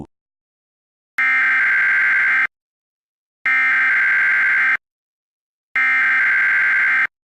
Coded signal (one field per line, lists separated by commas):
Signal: Emergency Alert System (SAME) tones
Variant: header bursts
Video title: EAS Classic: Rhino Attack EAS (Revised)